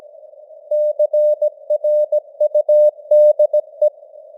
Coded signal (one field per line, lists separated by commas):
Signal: Morse code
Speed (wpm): 17 wpm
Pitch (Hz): 600 Hz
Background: none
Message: CRUDE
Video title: Morse Code News | 2025-10-16 | 17wpm